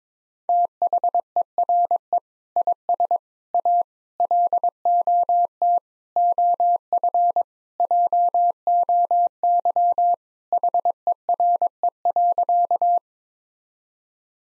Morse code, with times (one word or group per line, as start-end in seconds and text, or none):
0.5-2.2 THERE
2.6-3.2 IS
3.5-3.8 A
4.2-5.8 LOT
6.2-7.4 OF
7.8-10.1 JOY
10.5-13.0 HERE.